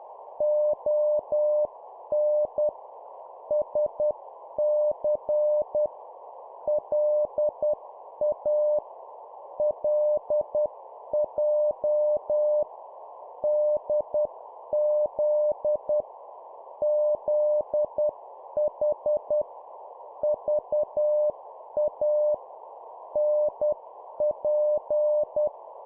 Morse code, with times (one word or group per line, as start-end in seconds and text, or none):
0.4-2.7 ON
3.5-5.9 SC
6.7-8.8 LA
9.6-12.6 LJ
13.4-16.0 DZ
16.8-19.4 ZH
20.2-22.3 VA
23.2-25.5 NP